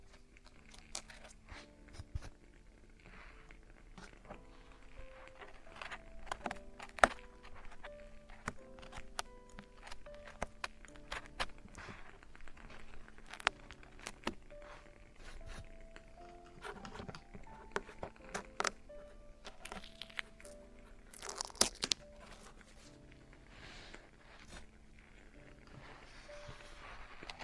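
Traditional Chinese ear cleaning and earwax removal: frequent sharp scrapes, crackles and taps arrive in quick, irregular bursts across the whole clip, loudest around 7 and 21–22 seconds. Beneath them sits a steady low hum with faint sustained tones, like quiet music or murmuring.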